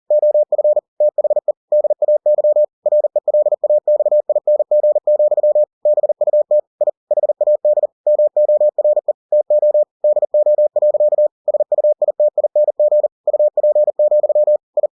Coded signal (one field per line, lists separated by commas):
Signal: Morse code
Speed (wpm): 40 wpm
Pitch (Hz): 600 Hz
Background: none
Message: OF THE DAY RELAXING, BUT I HAD MORE TO DO. SUITING UP, I